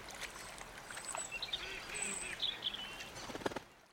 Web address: los patos se banan en el estanque chapotean y se sumergen bajo el agua